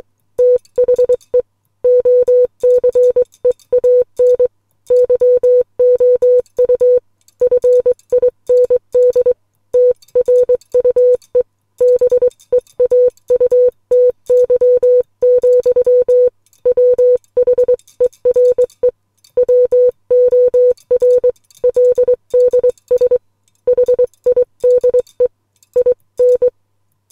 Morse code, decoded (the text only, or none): THE OCEAN YOU FIND TRUE BEAUTY, WHERE WORLDS HIDE IN